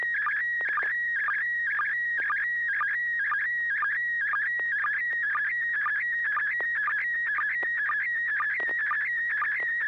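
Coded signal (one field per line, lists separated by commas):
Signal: SSTV (slow-scan television)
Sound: continuous warbling whistle with a short low blip about twice a second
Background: low hum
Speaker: Let's go to Bill in Roseville, November 6, Hotel Alpha. If you're ready for us, Bill, go right ahead.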